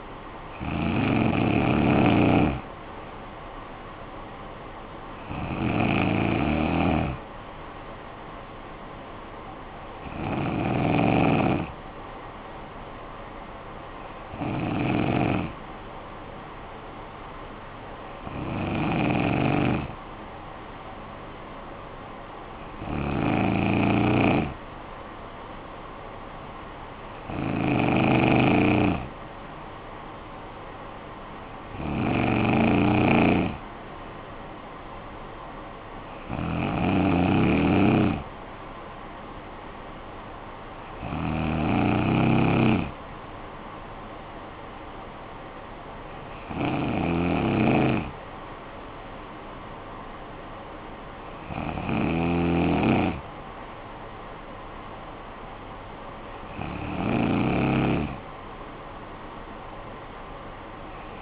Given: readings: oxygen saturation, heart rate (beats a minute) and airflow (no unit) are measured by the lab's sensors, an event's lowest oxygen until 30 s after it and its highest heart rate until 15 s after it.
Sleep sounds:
breathing in sleep by a voice recorder at the bedside; none
none scored
From the record:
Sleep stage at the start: N2 (light sleep); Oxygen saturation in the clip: 92 to 94%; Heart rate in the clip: 53 to 67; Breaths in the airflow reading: 13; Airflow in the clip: -10.2 to 6.8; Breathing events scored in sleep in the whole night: 445 in 7.6 hours asleep

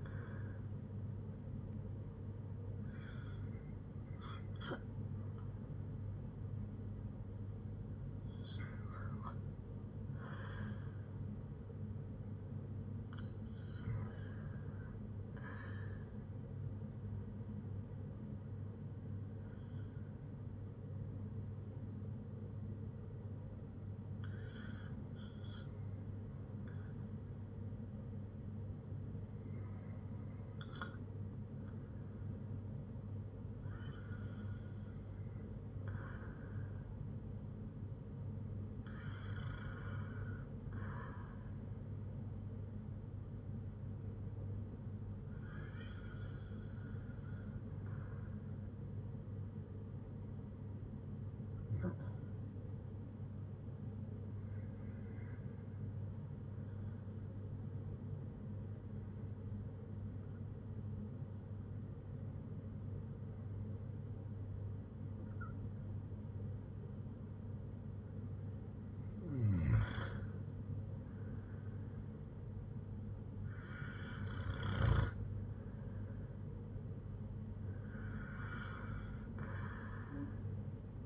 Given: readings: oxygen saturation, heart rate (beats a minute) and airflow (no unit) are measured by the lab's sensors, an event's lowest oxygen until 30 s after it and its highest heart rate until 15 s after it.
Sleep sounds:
breathing in sleep by a smartphone at the bedside; 1
48.00-70.20 s: hypopnea (N1, oxygen 95% highest, then 92% lowest, heart rate 59 at the start, 68 highest)
From the record:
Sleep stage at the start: N1 (lightest sleep); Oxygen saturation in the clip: 93 to 96%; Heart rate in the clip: 58 to 68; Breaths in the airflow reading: 17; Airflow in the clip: -6.8 to 8.8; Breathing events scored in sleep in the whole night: 182 in 7.4 hours asleep

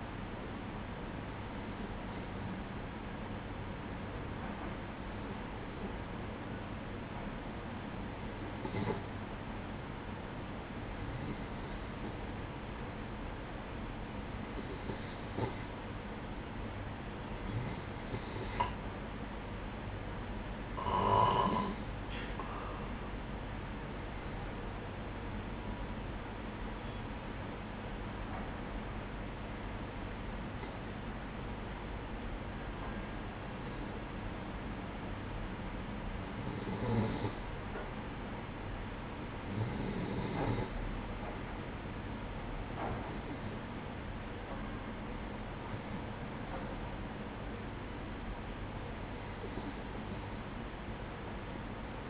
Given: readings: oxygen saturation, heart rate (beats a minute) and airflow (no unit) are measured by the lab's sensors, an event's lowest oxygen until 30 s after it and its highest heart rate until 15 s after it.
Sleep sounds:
breathing in sleep by a voice recorder at the bedside; none
none scored
From the record:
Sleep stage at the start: N3 (deep sleep); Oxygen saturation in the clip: 92 to 94%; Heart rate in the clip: 61 to 66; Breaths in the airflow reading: 16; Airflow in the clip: -8.4 to 7.7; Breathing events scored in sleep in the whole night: 180 in 6.7 hours asleep

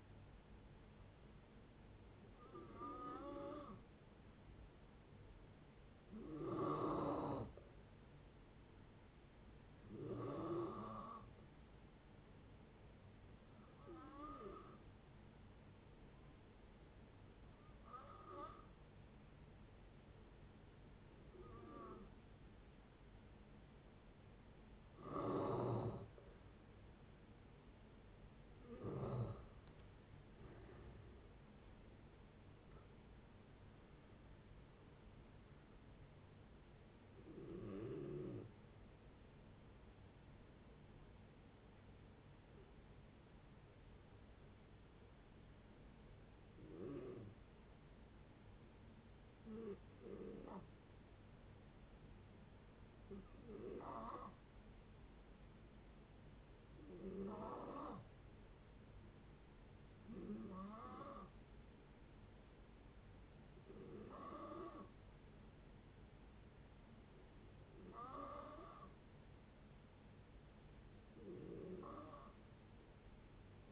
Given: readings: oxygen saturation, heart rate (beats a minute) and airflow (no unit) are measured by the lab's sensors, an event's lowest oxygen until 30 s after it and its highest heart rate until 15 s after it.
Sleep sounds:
breathing in sleep by a voice recorder at the bedside; 2
13.00-29.20 s: hypopnea (N2, oxygen 92% highest, then 87% lowest, heart rate 62 at the start, 83 highest)
41.00-62.30 s: hypopnea (N2, oxygen 95% highest, then 88% lowest, heart rate 68 at the start, 68 highest)
From the record:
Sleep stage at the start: N2 (light sleep); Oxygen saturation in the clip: 87 to 95%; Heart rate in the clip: 57 to 83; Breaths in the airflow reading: 19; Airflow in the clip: -10.2 to 13.7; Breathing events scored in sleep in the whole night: 496 in 5.4 hours asleep

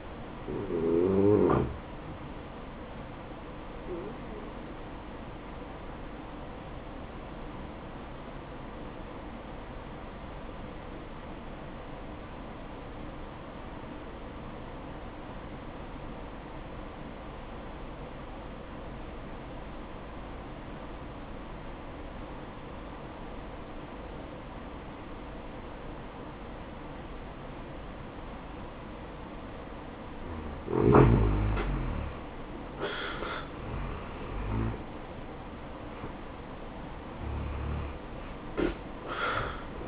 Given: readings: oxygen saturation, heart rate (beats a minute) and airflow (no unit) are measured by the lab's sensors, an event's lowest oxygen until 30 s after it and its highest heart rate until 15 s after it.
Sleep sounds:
breathing in sleep by a voice recorder at the bedside; 1
7.00-33.40 s: hypopnea (N1, oxygen 95% highest, then 83% lowest, heart rate 62 at the start, 78 highest)
From the record:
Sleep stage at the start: N1 (lightest sleep); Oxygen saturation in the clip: 83 to 95%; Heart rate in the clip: 60 to 78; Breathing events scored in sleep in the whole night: 573 in 9.8 hours asleep

